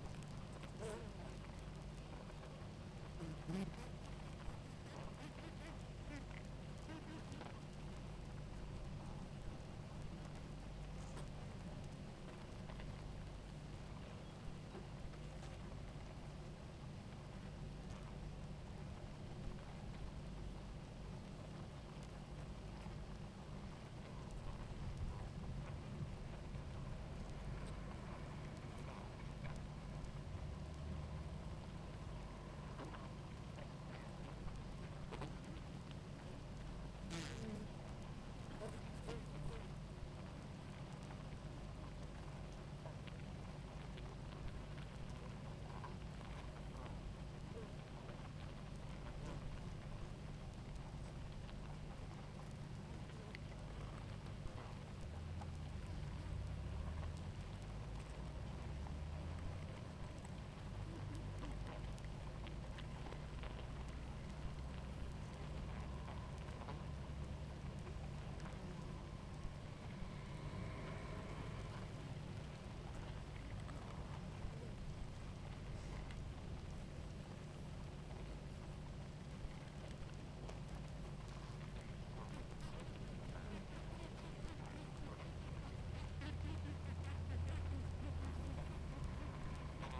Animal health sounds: honeybee colony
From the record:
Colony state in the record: active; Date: 28 July 2017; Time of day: 18:03

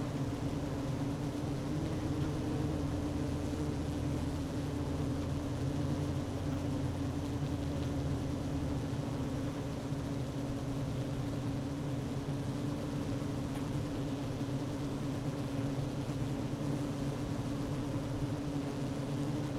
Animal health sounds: honeybee colony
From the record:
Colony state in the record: active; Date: 12 June 2018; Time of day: 11:26

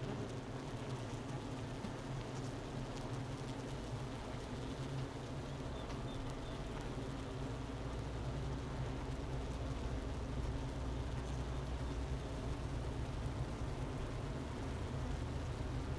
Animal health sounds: honeybee colony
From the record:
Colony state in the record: missing queen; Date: 31 May 2018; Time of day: 11:39

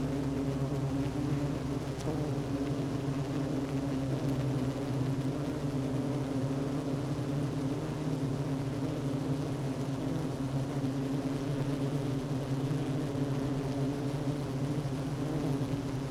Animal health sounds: honeybee colony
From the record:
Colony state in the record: active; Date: 12 June 2018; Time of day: 10:13

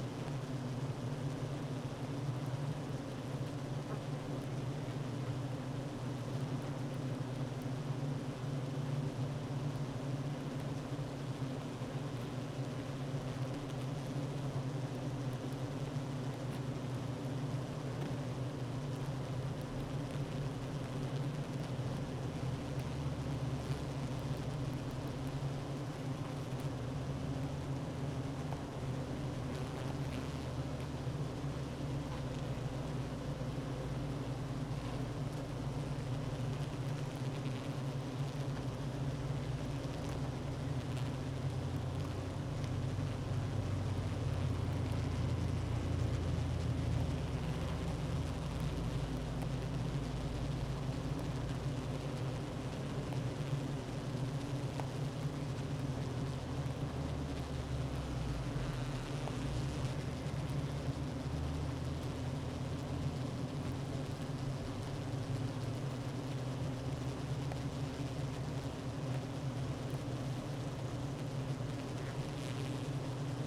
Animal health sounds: honeybee colony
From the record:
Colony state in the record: active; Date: 12 June 2018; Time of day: 9:48

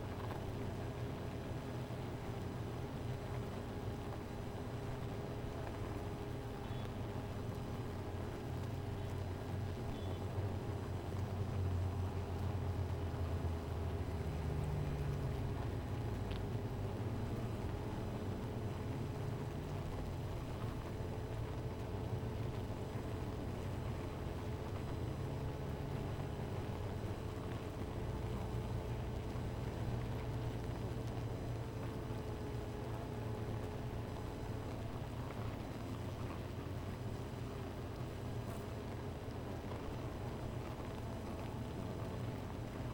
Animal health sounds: honeybee colony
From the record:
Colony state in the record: missing queen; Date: 14 July 2017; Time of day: 16:09

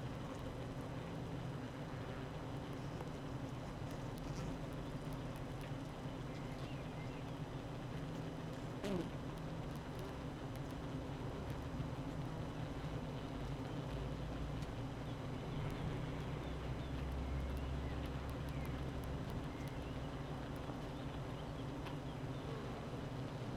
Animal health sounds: honeybee colony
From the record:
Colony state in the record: active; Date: 12 June 2018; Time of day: 8:20

